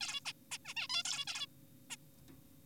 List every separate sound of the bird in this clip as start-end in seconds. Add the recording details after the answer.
0.01-0.20, 0.26-0.32, 0.52-0.58, 0.65-0.74, 0.77-0.88, 0.90-1.03, 1.05-1.25, 1.27-1.46, 1.90-1.96. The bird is an adult. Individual g4p5U